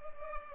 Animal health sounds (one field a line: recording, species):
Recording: mosquito wingbeat signal from an infrared sensor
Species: Culex pipiens